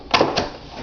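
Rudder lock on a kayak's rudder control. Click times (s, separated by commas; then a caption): 0.1 s. On a 2016 Hobie Mirage Sport kayak, the plastic rudder control lock at the front, previously locked in place, is released with a sharp click at 0.1 s, followed by a softer second click at 0.4 s. The rudder lock is now released.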